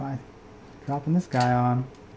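Someone talks while handling a plastic cockpit cover piece, about to drop and press it onto a plastic model kit's cockpit assembly. Only speech is heard, and nothing has seated or clicked yet.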